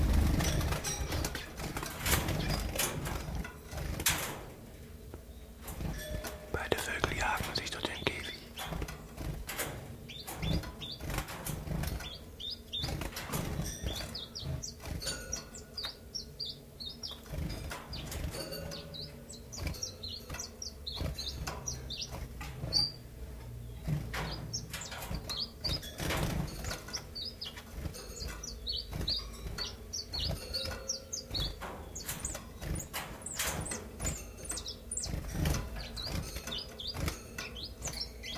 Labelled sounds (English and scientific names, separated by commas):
Common Chiffchaff (Phylloscopus collybita)